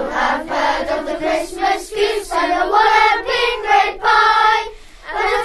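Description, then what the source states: Domestic pig piglets giving a rapid run of overlapping, harmonic squeals in loud bursts, with brief gaps between them. Piglets suckling.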